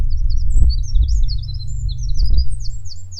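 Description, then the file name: Eurasian wren calls, a busy run of thin, high, short chipping notes throughout, over a steady low rumble. "Troglodytes troglodytes"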